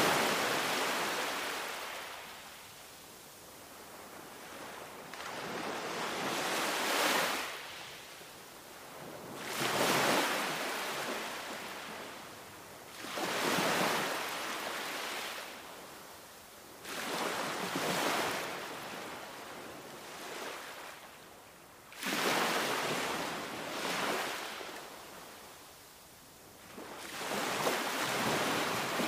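Ocean waves roll onto a tropical shore in a steady rhythm, each one surging into a bright, hissing wash and then draining away. A new wave breaks roughly every four to five seconds, with a soft low rumble of surf filling the gaps between them.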